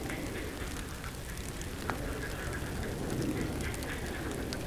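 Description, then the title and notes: Frog chorus with short repeated croaks from several callers at once, beneath a continuous low drone. Frogs woken by a passing helicopter, Chindrieux, France. "RRCH+PF Chindrieux, France - grenouilles. Le passage d'un hélicoptère réveille les grenouilles"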